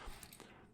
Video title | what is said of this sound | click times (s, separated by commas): Nemesis Reviews Transformers War for Cybertron: Kingdom Huffer | untap and rotate under and they'll kind of click into place | 0.2 s, 0.3 s, 0.4 s